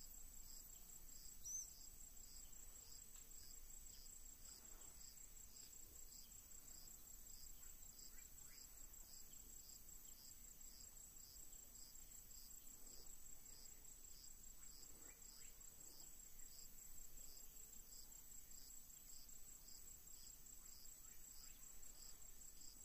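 Tropical Atlantic forest ambience carried by a steady, high-pitched insect chorus, crickets pulsing in a fast, regular rhythm that never lets up. Beneath it sits a soft, low hum, with a few faint, brief calls scattered throughout.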